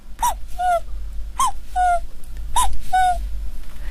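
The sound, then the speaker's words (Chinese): A voice imitates the sunny call of a young, smaller cuckoo from deep in the throat, repeating a bright two-note phrase three times at an even pace: a higher, slightly bending note followed by a lower, steady one, each starting with a breathy attack. “比如说年轻一点的这个比较小一点的布谷鸟哈，它是非常阳光的。”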